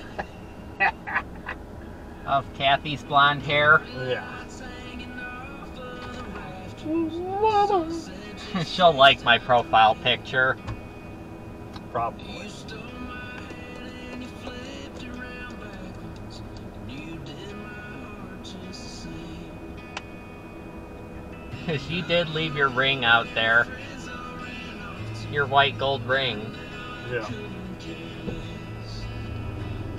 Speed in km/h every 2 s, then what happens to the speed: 0, 0, 0, 0, 0, 0, 0, 0, 0, 0, 0, 0, 0, 0, 6.
0-27 standing. 27-30 pulls away to 6.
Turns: none.